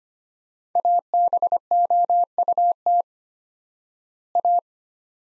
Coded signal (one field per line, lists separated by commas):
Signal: Morse code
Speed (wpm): 25 wpm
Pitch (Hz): 700 Hz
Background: none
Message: ABOUT A